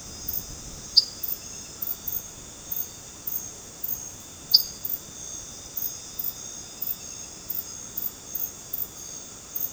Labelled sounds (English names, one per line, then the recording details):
none
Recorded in dense forest near Puerto Asís, Putumayo, Colombia, on 12 March 2025 at 19:30
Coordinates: 0.486, -76.317
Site G053